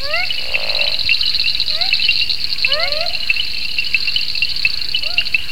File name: Amnirana galamensis